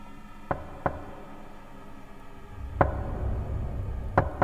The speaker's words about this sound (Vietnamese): Ở bên ngoài, những tiếng gõ cửa vẫn cứ cóc cóc cóc vang lên.